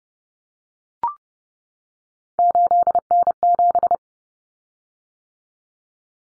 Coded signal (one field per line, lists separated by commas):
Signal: Morse code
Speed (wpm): 30 wpm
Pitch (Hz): 700 Hz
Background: none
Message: 8N7